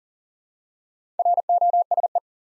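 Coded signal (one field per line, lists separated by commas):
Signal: Morse code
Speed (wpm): 40 wpm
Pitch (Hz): 700 Hz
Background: none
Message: ROSE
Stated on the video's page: Practice set of easy words with context hints at 40 wpm.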